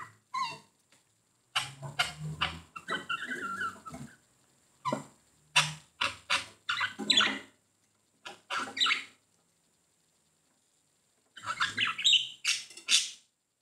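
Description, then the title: Budgerigar chatter in bursts of scratchy, buzzy notes and short high chirps, with brief pauses between bouts and a quiet gap before a final burst. "Budgie Sounds"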